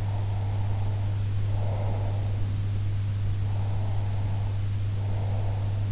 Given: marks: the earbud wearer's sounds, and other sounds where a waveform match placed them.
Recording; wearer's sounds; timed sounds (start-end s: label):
sounds in sleep by an in-ear microphone; breath
0.00-2.37 s: breath
3.43-5.91 s: breath